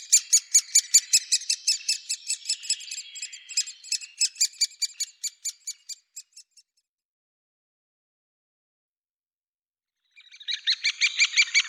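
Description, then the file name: Great spotted woodpecker calls, a fast series of sharp, harsh notes that stops for a few seconds of silence, then resumes quickly at the end. "Buntspecht"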